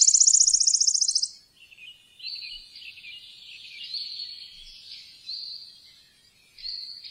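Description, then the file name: Wood warbler song: a fast dry shivering trill lasting about a second, followed by quieter, lower notes. "boeksanger"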